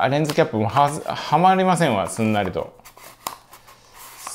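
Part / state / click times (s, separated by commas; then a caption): front lens cap onto camera lens front / seated / 3.3 s. A front lens cap is pushed onto the front of a large 35mm F1.2 lens after a struggle to fit it. Someone talks for the first couple of seconds, then quieter handling sounds lead to a sharp click at 3.3 s as the cap snaps into place. Soft rustling follows.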